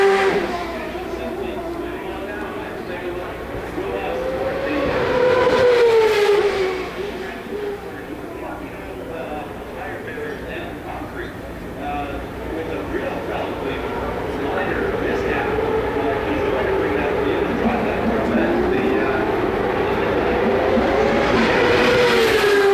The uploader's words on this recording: The Sounds of IndyCar, 1999 Vancouver. Incredible sounds from the 2.65-liter turbocharged V8s produced by Ford-Cosworth, Mercedes-Benz, Toyota, and those mighty Hondas. Vancouver street race.